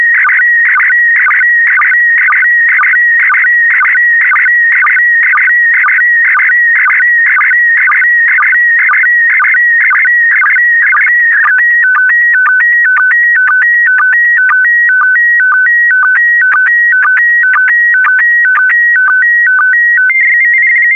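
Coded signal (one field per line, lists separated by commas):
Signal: SSTV (slow-scan television)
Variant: PD120 mode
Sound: warbling tone alternating two pitches, with short low blips about twice a second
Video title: (04 of 12) ISS Expedition 63 - ARISS Series 16 Satellites October 2020 - Retransmission SSTV PD120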